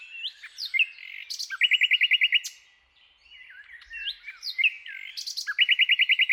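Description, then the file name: Common nightingale delivering fluty slurred notes that lead into a fast, loud, evenly repeated trill, a short pause, then the same pattern again. "Luscinia megarhynchos"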